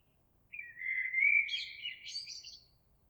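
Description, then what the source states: Eurasian blackbird singing one phrase, a low rich flute-like warble rising into a scratchy high-pitched flourish at the end, in an otherwise quiet setting. Recorded 26 April 2022.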